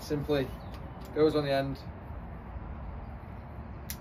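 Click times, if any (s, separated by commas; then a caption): 3.9 s. Someone talks at the start, then a OneLeaf Commander NV100 night vision recording unit is pushed onto the end of a rifle scope, over an eyepiece adapter held by Allen key screws. It clicks into place with a short, sharp click at 3.9 s, and the unit is seated.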